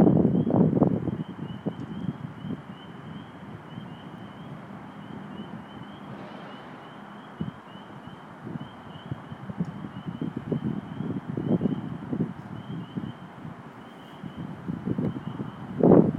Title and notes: A field recording of peepers from 4/17/11.